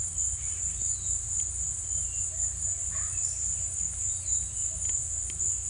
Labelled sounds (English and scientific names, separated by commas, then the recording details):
none
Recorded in secondary vegetation near Puerto Asís, Putumayo, Colombia, on 18 December 2024 at 17:00
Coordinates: 0.488, -76.319
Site GP04